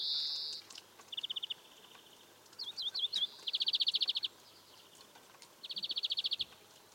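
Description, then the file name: European greenfinch song: a harsh buzzy wheeze opening, then rapid dry trills and a quick run of rising chirps, trilled phrases recurring every couple of seconds. "Chloris chloris"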